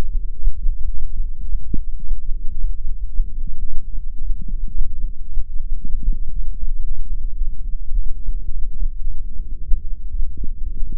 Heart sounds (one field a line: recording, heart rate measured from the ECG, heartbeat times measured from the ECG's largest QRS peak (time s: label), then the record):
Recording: heart sounds by microphone in the left ear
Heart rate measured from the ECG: 111 bpm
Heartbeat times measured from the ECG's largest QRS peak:
0.33 s: heartbeat
0.87 s: heartbeat
1.41 s: heartbeat
1.96 s: heartbeat
2.50 s: heartbeat
3.05 s: heartbeat
3.59 s: heartbeat
4.13 s: heartbeat
4.67 s: heartbeat
5.21 s: heartbeat
5.75 s: heartbeat
6.29 s: heartbeat
6.83 s: heartbeat
7.37 s: heartbeat
7.91 s: heartbeat
8.45 s: heartbeat
8.99 s: heartbeat
9.53 s: heartbeat
10.07 s: heartbeat
10.62 s: heartbeat
From the record:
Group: healthy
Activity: light exercise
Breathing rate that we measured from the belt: 24 breaths a minute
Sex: male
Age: 35 years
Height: 180 cm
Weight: 86.9 kg